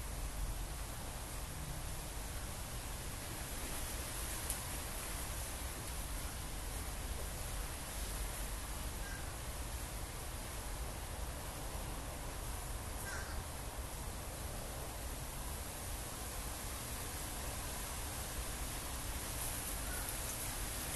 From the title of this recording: Chilly breezy Xmas morning